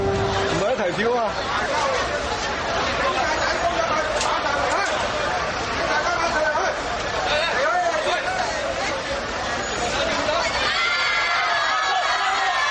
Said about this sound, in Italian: Insomma, si capisce poco, però sono urla concitate di una folla che ha assistito al tormento di un povero cinese che per 5 ore è rimasto penzoloni su un ponte di Guangzhou, una mega metropoli, una città gigantesca nel sud della Cina.